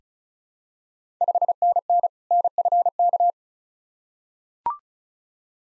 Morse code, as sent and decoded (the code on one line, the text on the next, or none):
..... -. -. / -. ..-. -.-
5NN NFK